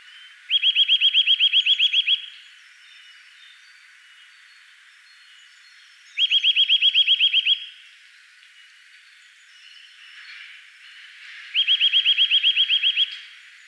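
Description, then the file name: Eurasian nuthatch giving three fast trills of bright, repeated piping notes, each about one and a half seconds long and separated by roughly four seconds of near silence. "Sitta europaea"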